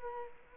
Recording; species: mosquito wingbeat signal from an infrared sensor; Culex quinquefasciatus